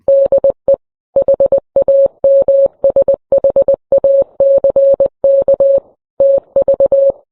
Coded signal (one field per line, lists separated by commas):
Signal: Morse code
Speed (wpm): 20 wpm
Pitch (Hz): 550 Hz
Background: none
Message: DE HAMSHACK TV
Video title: Why This Ham Radio Operator Was Fined $100,000